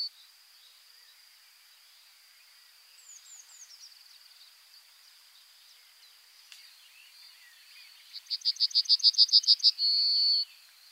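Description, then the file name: Bunting singing after a quiet stretch with faint chirps: a quick series of repeated high notes, finishing with a long, steady high note. "bruant"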